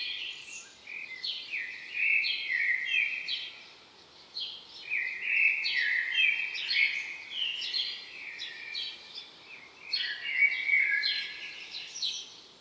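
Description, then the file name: Common blackbird singing busy, squeaky chattering phrases mixed with brief fluty slides, in waves with short lulls. "Turdus merula"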